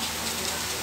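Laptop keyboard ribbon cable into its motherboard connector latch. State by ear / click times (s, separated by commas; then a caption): not seated / none. A laptop keyboard ribbon cable is being handled at its motherboard connector latch while a new keyboard is fitted, with a steady broadband hiss throughout. Nothing has seated or clicked yet.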